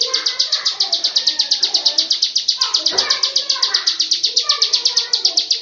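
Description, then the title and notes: Bird trill: rapid, high pulsed notes repeated without pause, over a busy background of lower chirps and warbles. "Bird Sound. Kicau Burung Lengkap"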